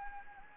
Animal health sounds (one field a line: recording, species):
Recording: mosquito wingbeat signal from an infrared sensor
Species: Anopheles gambiae